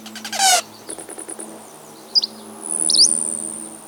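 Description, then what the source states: Rufous Hummingbird calls: a buzzy opening burst, a few short high notes, then two sharp chip notes, over a thin high tone. Male in the Pacific Northwest; leaves the breeding grounds as soon as mid-June.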